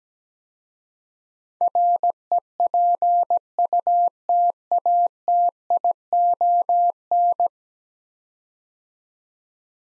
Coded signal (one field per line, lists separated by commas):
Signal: Morse code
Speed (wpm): 17 wpm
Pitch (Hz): 700 Hz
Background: none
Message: REPUTATION